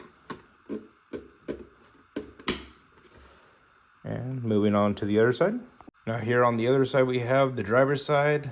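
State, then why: Seated. A hinged plastic panel on the body of a WPL B36 Ural RTR (newest version) RC military scale truck is closed after its working hinges are shown, with a series of light plastic clicks and knocks in the first seconds. The panel snaps back into place with a sharp snap at 2.5 s, and someone then talks from about 4 seconds on.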